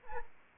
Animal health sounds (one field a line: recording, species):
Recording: mosquito wingbeat signal from an infrared sensor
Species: Anopheles arabiensis